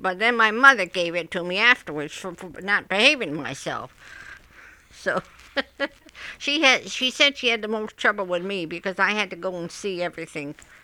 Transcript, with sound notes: But then my mother gave it to me afterwards for not behaving myself. (she laughs) So, she had, she said she had to most trouble with me because I had to go and see everything.